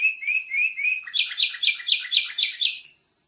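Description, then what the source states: Canary song: four rising whistled slurs followed by a fast run of about seven buzzy repeated notes, ending abruptly. Chatty 'gacor' singing style; champion canary, first place at N level.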